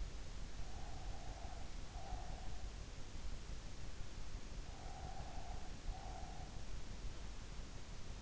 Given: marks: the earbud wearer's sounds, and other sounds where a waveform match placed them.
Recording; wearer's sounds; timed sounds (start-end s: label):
sounds in sleep by an in-ear microphone; breath
0.46-2.71 s: breath
4.82-6.65 s: breath